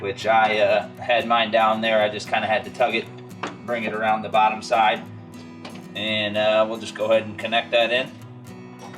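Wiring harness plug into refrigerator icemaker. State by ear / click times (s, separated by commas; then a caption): not seated / none. Someone talks over background guitar music while handling the wiring harness connector of a Maytag refrigerator's new icemaker, installed because the refrigerator is not making ice. The harness is routed up over the top of the fill tube and brought toward the icemaker to be plugged in. The clip ends before the connector goes in, so nothing has seated or clicked yet.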